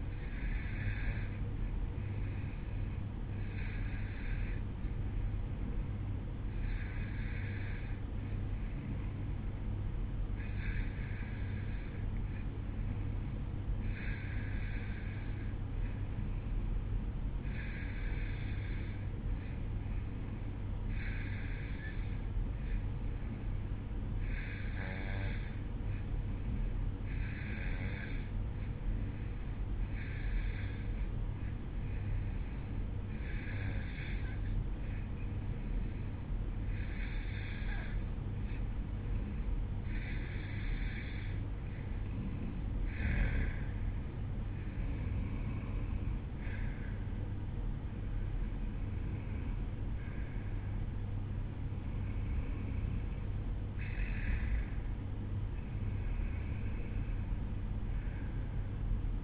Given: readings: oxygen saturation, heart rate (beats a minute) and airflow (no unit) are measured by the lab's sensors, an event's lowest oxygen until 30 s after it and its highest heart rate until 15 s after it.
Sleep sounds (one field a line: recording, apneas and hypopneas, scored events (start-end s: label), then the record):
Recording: breathing in sleep by a smartphone at the bedside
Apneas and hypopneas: 1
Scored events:
3.00-46.00 s: hypopnea (N1, oxygen 93% highest, then 91% lowest, heart rate 55 at the start, 59 highest)
From the record:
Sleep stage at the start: N1 (lightest sleep)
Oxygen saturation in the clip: 91 to 93%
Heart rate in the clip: 54 to 59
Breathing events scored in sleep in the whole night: 305 in 9.6 hours asleep